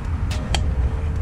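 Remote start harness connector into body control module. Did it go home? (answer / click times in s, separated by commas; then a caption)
yes / 0.5 s. The plastic connector on a plug-and-play remote start harness is pushed back into the body control module socket of a 2015+ Chevy City Express van, over a steady low hum. Small handling noises come first, then a sharp click at 0.55 s as the connector seats for a solid connection.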